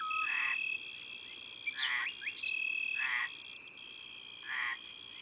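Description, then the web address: Great green bush-cricket song, a continuous very high, buzzy pulsing hiss, with lower croak-like calls about four times and brief whistles. "Grande sauterelle verte. abc de la nature"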